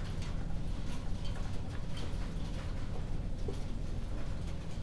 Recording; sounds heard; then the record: poultry house recording; healthy chickens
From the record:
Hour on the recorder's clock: 0